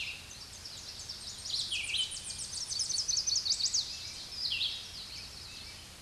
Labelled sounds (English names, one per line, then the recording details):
Chestnut-sided Warbler song
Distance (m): 40 m
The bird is about 10 m above the microphone
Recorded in a Pennsylvania forest on 16 May 2024 at 07:07
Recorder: AudioMoth, point MSD-1338
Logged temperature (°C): 12.6 °C
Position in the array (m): 80 m, 57 m